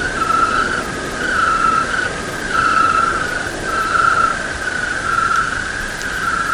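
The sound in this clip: Cricket chirping: pulsed bursts of a steady, fairly low ringing tone, repeated about every second, with a constant hiss behind.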